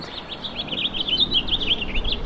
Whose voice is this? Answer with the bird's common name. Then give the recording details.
House Finch. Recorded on Long Island, New York, on 20 April 2012. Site GC. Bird B